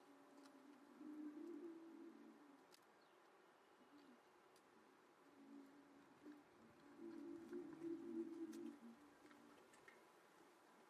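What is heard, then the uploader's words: Wind organs in a front yard hum low, steady tones that swell around two and eight seconds, with scattered faint clicks and outdoor background. Leeton hums. Longtime listeners might recognise the hum of Leeton's rice facility from previous projects and this recording includes my army of wind organs, which were installed in the front yard for an Art Trail last weekend. Recorded by Bassling.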